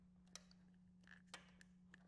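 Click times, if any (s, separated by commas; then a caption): 0.4 s. The second green speaker wire terminal pin is pushed into the harness connector housing, in the position next to the first, while installing a Cicada Audio 2000 Watt Stage 4 package on a 2024-up Harley-Davidson Road Glide CXK. A sharp click at 0.4 s marks the pin seating, followed by a softer tick at about 1.3 s over a steady low hum. The pin is confirmed clicked in and seated.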